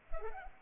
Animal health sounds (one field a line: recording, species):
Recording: mosquito wingbeat signal from an infrared sensor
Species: Culex pipiens